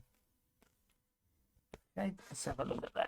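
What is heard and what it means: A small tactile push button is pressed into a plastic breadboard across the centre trench, giving one short tick at 1.7 s before someone talks. The button has only partly gone in and is not fully seated in the breadboard.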